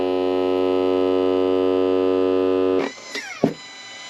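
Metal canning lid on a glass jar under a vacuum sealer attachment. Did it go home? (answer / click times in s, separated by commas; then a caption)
yes / 3.4 s. A battery vacuum sealer attachment runs over a metal canning lid on a glass mason jar, making a steady, loud, buzzing hum that cuts off at about 2.8 seconds. After a few faint rattles, a sharp pop is heard at 3.4 seconds as the metal lid is pulled down and seals.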